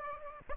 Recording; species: mosquito wingbeat signal from an infrared sensor; Aedes aegypti